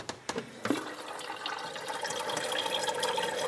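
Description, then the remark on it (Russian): A few sharp clicks and knocks, then a steady rush of tap water pours into a kettle, the hissing splash building and holding at a fairly loud level. No one speaks. “Поставь чайник.”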